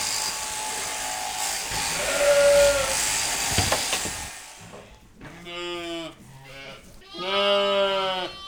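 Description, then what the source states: Sheep bleating: about four seconds of steady mechanical buzzing, then a few harmonic-rich bleats. Ewes during shearing at Saint-Pierreville, Ardèche; animals average about 50 kg.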